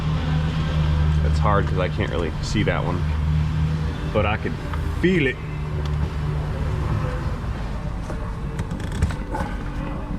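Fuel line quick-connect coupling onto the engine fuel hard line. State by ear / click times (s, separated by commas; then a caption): not seated / none. Someone talks while reaching up blind under a vehicle with a Chrysler 2.7 V6 engine, declared dead on arrival, to push the fuel line quick-connect coupling onto the engine fuel hard line by feel. Steady low hum runs underneath, with a few short, light knocks of handling between about 8.6 and 9.4 seconds. Nothing has seated or clicked yet.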